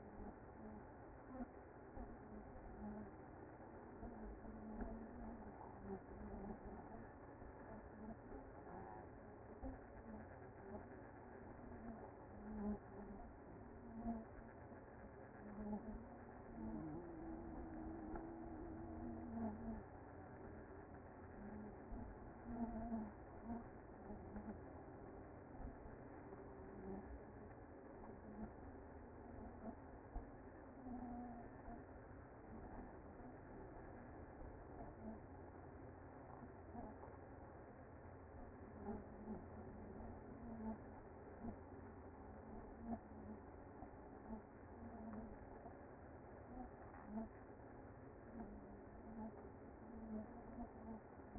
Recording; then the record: honeybee colony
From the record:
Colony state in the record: active